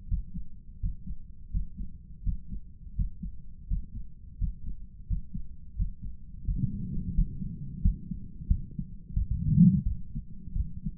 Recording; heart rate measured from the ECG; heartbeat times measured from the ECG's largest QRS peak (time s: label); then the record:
heart sounds by stethoscope; 86 bpm
0.07 s: heartbeat
0.79 s: heartbeat
1.50 s: heartbeat
2.22 s: heartbeat
2.94 s: heartbeat
3.66 s: heartbeat
4.37 s: heartbeat
5.06 s: heartbeat
5.75 s: heartbeat
6.43 s: heartbeat
7.13 s: heartbeat
7.81 s: heartbeat
8.47 s: heartbeat
9.14 s: heartbeat
9.83 s: heartbeat
10.53 s: heartbeat
From the record:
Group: healthy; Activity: Valsalva maneuver 0-8 s, rest 8-11 s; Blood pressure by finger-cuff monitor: 101/77 mmHg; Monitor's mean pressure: 85 mmHg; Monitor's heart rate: 85 bpm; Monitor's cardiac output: 6.8 L/min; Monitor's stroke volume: 80 mL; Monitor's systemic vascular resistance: 910 dyn s/cm5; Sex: male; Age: 57 years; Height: 188 cm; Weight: 106 kg